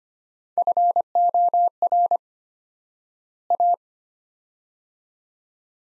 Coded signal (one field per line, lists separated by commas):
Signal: Morse code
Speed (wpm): 25 wpm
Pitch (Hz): 700 Hz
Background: none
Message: FOR A